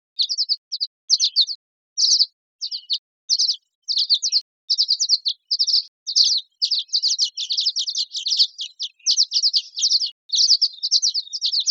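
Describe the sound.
Violet-green swallow twittering: high chirps start in separate short bursts, then become denser and faster.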